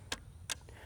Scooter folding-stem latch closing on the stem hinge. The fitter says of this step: Does lock into place.